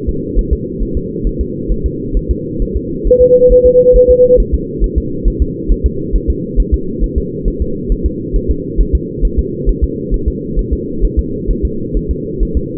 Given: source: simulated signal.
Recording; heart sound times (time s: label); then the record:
fetal heart sounds
0.09 s: S2
0.39 s: S1
0.53 s: S2
0.83 s: S1
0.97 s: S2
1.27 s: S1
1.41 s: S2
1.72 s: S1
1.86 s: S2
2.17 s: S1
2.31 s: S2
2.62 s: S1
2.76 s: S2
3.07 s: S1
3.22 s: S2
3.52 s: S1
3.66 s: S2
3.96 s: S1
4.11 s: S2
4.40 s: S1
4.54 s: S2
4.84 s: S1
4.98 s: S2
5.28 s: S1
5.42 s: S2
5.72 s: S1
5.86 s: S2
6.16 s: S1
6.30 s: S2
6.60 s: S1
6.74 s: S2
7.04 s: S1
7.18 s: S2
7.48 s: S1
7.62 s: S2
7.92 s: S1
8.06 s: S2
8.36 s: S1
8.51 s: S2
8.81 s: S1
8.95 s: S2
9.25 s: S1
9.39 s: S2
9.69 s: S1
9.84 s: S2
10.14 s: S1
10.28 s: S2
10.59 s: S1
10.73 s: S2
11.05 s: S1
11.19 s: S2
11.51 s: S1
11.65 s: S2
11.97 s: S1
12.11 s: S2
12.43 s: S1
12.57 s: S2
From the record:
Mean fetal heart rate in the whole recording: 135 bpm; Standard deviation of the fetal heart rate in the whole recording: 3 bpm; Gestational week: 36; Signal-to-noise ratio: -6.6 dB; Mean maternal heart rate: 72 bpm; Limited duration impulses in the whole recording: present